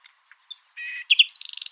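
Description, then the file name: Common nightingale song phrase: brief soft notes, a sustained flat whistle, then two loud chips and a rapid buzzy rattle of repeated notes. "Luscinia megarhynchos"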